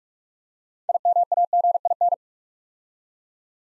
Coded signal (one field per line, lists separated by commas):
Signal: Morse code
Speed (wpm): 44 wpm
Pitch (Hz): 700 Hz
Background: none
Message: IMAGIN